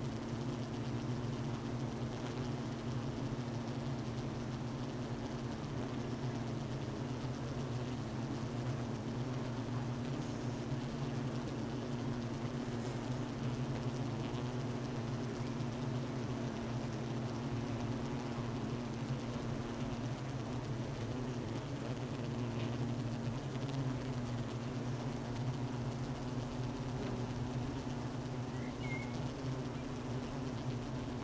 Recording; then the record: honeybee colony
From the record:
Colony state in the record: missing queen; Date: 31 May 2018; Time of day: 12:32